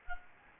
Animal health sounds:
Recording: mosquito wingbeat signal from an infrared sensor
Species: Anopheles gambiae

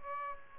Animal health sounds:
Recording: mosquito wingbeat signal from an infrared sensor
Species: Aedes aegypti

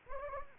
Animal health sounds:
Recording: mosquito wingbeat signal from an infrared sensor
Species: Anopheles gambiae

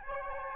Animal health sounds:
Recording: mosquito wingbeat signal from an infrared sensor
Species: Aedes albopictus

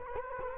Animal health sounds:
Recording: mosquito wingbeat signal from an infrared sensor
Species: Culex quinquefasciatus

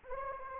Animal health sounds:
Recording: mosquito wingbeat signal from an infrared sensor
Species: Anopheles arabiensis

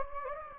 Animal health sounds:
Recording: mosquito wingbeat signal from an infrared sensor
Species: Anopheles gambiae

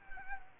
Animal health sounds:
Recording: mosquito wingbeat signal from an infrared sensor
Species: Culex quinquefasciatus

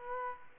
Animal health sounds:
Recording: mosquito wingbeat signal from an infrared sensor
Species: Aedes aegypti

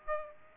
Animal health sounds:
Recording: mosquito wingbeat signal from an infrared sensor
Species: Aedes aegypti

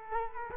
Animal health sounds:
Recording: mosquito wingbeat signal from an infrared sensor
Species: Culex quinquefasciatus

